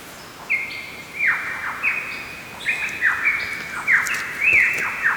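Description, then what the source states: Lyrebird song, loud repeated whistled phrases with long level notes and quick descending swoops, other high notes above. Toolangi forest, Australia.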